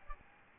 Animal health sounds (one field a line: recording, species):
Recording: mosquito wingbeat signal from an infrared sensor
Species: Aedes albopictus